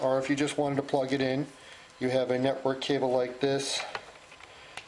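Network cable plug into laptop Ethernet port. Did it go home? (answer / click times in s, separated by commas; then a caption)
yes / 4.8 s. Someone talks, then pushes the plastic RJ45 plug of an Ethernet network cable into a laptop's network port. A faint tick comes at about 4.4 seconds, and the plug clicks into place at 4.8 seconds, seated.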